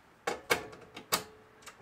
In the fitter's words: you can see that one clipped in there and